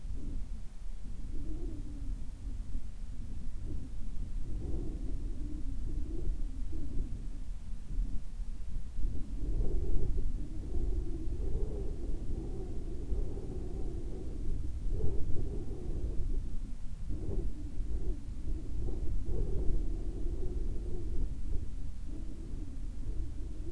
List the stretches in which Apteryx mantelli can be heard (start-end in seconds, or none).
none